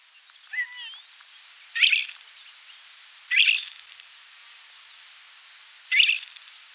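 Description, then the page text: Isabelline wheatear song: a few thin whistled notes, then three short, scratchy, jumbled bursts at uneven intervals. "Isabelline Wheatear Song, Quick Sounds"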